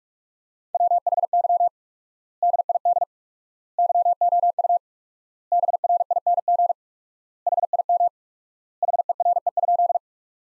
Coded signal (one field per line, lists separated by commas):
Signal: Morse code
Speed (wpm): 42 wpm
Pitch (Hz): 700 Hz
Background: none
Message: WHY DID YOU BRING HIM HERE?